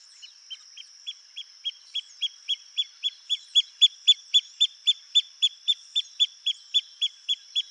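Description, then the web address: Pearl kite calling in a steady rhythmic series of brief high clipped notes, close to four per second, rising then holding in volume, over a steady high whine. "Pearl kite. صدای-پرنده-کورکور-مرواریدی"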